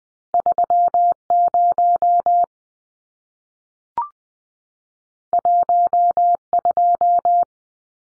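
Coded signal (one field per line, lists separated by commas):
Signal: Morse code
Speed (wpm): 20 wpm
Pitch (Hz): 700 Hz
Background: none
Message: 30 12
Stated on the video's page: Head-copy drill of two-digit numbers sent in Morse at 20 wpm, each sent, spoken, then sent again.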